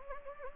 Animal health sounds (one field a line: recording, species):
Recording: mosquito wingbeat signal from an infrared sensor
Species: Anopheles gambiae